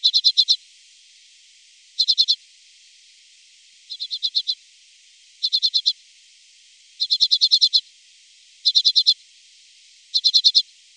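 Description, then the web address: Common redpoll calls, short bursts of several dry, clipped chet notes repeated every couple of seconds. "Faglar Sound Grasiska"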